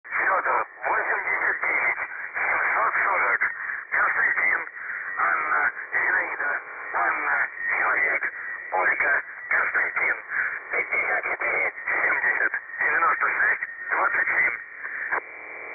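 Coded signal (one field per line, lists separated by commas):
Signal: numbers station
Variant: UVB-76, Russian voice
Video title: The Buzzer/UVB-76 Voice Message (December 10, 2020 09:29 UTC)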